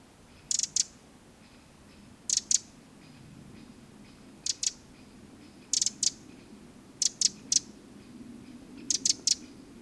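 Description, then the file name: Eurasian wren calls: sharp, dry ticking notes in short groups of two or three, spaced a second or two apart, over low background noise. "Troglodytes troglodytes"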